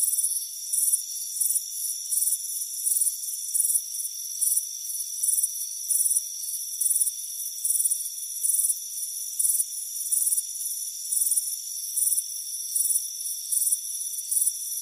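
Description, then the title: Crickets chirping in a steady rhythm, many short shrill pulses, with a continuous high whine beneath them. Warm afternoon on a front porch. "Soothing Crickets Chirping Sound"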